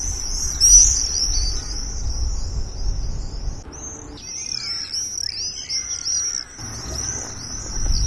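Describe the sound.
Bird calls: busy high-pitched twittering and wavy chirps run almost without break, with a dip around the middle, over low rumbling noise.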